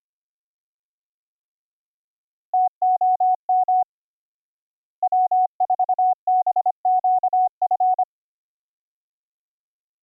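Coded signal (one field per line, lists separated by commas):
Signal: Morse code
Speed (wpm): 26 wpm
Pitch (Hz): 740 Hz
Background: none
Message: TOM W4BQF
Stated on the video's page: Morse audio played by logging software, routed through virtual audio cables with a resampling script to fix dropped audio buffers.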